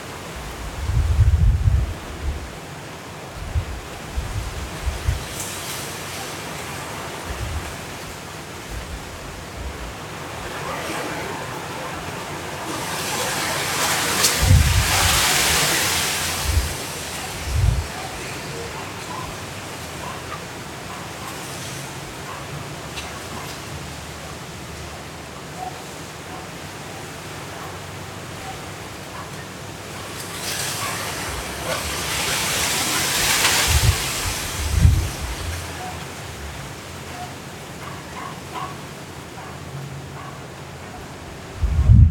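Hurricane wind and rain roar steadily over a city, with two big surges of wind swelling up around fifteen and thirty-three seconds. Low thumps and knocks break through now and then, and a faint murmur of sound runs underneath.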